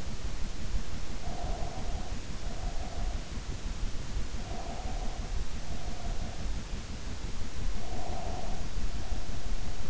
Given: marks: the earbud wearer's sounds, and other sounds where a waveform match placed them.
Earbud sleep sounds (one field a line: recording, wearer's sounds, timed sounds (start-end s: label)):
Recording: sounds in sleep by an in-ear microphone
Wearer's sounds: breath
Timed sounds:
1.13-3.31 s: breath
4.48-6.53 s: breath
7.82-9.90 s: breath